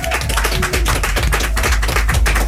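Loud, steady applause from a crowd on the NRJ Music Awards 2013 yacht, a dense patter of many hands clapping at once that holds at an even level for a couple of seconds, with no voices heard.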